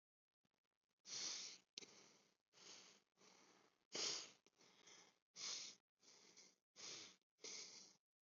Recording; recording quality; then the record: shallow breathing; excellent, no background noise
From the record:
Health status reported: respiratory illness, not identified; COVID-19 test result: not tested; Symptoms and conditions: none ticked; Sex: male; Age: 27 years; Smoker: not ticked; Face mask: not worn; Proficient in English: no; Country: India